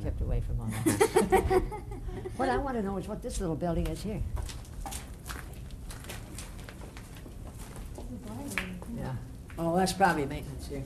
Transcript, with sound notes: We kept away from all that. ( they laugh ) What I want to know is what this little building is here. Well, that's probably a maintenance.